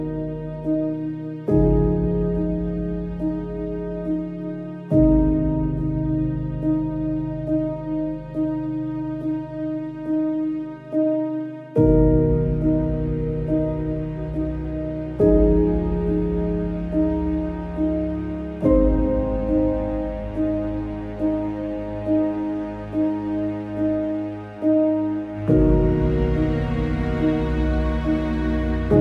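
Calm piano music of sustained chords changing every few seconds, low notes ringing under softer repeated tones, with faint hiss rising near the end.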